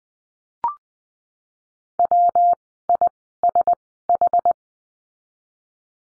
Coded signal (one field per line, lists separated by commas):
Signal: Morse code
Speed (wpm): 20 wpm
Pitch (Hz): 700 Hz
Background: none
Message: W I S H